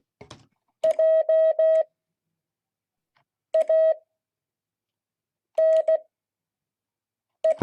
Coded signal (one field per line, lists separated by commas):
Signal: Morse code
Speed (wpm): 16 wpm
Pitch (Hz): 640 Hz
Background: none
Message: JANE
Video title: Friday 2022-08-12 Morse code class